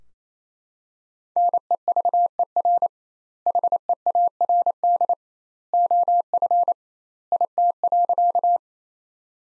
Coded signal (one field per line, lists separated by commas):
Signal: Morse code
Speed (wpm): 28 wpm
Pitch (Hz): 700 Hz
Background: none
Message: NEVER HEARD OF IT.